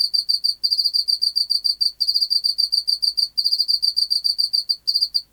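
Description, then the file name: Pacific field cricket singing fast pulsed chirps at a high pitch, the trill stopping briefly about every second and a half before resuming. "Teleogryllus oceanicus"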